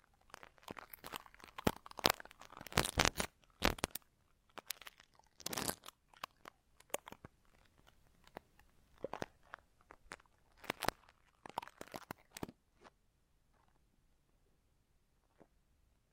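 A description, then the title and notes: Ultra-fine ear touching, heard as dense crinkly, crunchy scratches and taps packed tightly through the first six seconds, with the loudest bursts around two to four seconds and near six. The touches then thin out into scattered sharp rustles and ticks, growing sparse and quiet after thirteen seconds. Ultra-fine ear touch, immersive experience.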